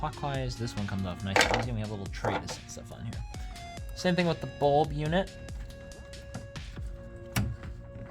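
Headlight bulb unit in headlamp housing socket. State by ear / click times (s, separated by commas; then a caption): released / 7.4 s. On the driver side of a 2016 Chevrolet Suburban, a headlight bulb unit is twisted counterclockwise out of its plastic headlamp housing socket while someone talks over background music. Its twist-lock releases with a sharp click at 7.4 seconds, and the bulb unit comes free.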